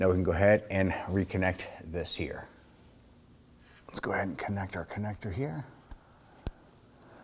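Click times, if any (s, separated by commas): 6.5 s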